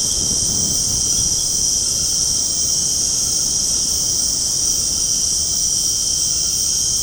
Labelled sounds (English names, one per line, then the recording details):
none
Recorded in secondary vegetation near Puerto Asís, Putumayo, Colombia, on 19 February 2024 at 21:00
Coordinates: 0.489, -76.322
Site G6419